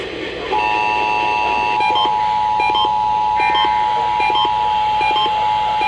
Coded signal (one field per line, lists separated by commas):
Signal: Emergency Alert System (SAME) tones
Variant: 853 and 960 Hz attention tone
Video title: ffs on 7 stations (8/10/22) EAS 1475-1481